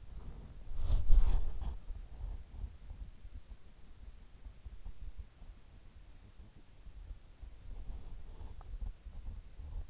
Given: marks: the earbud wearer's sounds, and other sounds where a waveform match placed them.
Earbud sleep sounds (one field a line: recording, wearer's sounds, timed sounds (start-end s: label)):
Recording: sounds in sleep by an in-ear microphone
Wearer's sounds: body movement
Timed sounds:
0.00-2.74 s: body movement